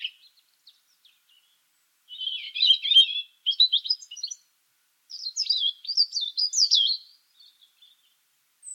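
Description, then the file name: European robin sings soft scattered notes, then a rich twittering run followed by a zigzagging, high-pitched warble; quiet background. "Erithacus rubecula"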